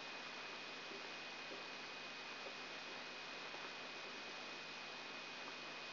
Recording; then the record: brain microelectrode recording played as sound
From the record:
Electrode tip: outside the subthalamic nucleus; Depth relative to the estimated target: -2 mm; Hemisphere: right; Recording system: AlphaMap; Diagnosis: Parkinson's disease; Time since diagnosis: 9 years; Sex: male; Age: 53 years